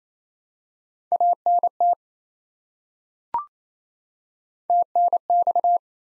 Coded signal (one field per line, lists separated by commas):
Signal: Morse code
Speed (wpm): 28 wpm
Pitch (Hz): 700 Hz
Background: none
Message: ANT TNX